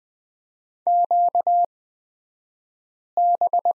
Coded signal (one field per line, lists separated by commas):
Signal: Morse code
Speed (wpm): 20 wpm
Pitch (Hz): 700 Hz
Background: none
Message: QB